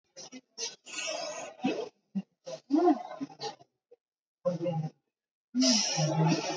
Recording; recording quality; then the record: deep breathing; poor, much background noise or distortion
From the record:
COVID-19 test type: RT-PCR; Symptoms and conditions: cough, cold, fever, loss of smell and taste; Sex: female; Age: 51 years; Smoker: no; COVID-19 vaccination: both doses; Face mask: worn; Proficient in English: yes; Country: India